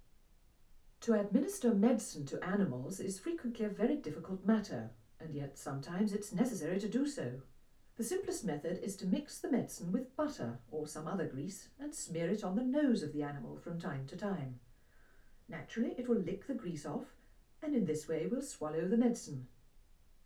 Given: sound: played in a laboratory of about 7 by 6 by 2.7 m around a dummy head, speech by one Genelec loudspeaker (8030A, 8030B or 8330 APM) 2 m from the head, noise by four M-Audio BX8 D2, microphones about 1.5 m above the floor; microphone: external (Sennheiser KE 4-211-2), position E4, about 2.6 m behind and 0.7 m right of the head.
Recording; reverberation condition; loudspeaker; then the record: female speech in English; low; 60 degrees to the right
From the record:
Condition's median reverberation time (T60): about 310 ms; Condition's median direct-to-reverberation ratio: about 3.5 dB